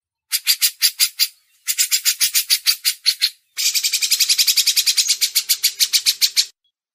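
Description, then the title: Grey-cheeked bulbul giving separate harsh notes that speed into a dense, fast rasping chatter. Masteran training audio. "MASTERAN CUCAK JENGGOT"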